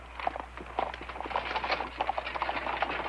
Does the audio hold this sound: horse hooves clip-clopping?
yes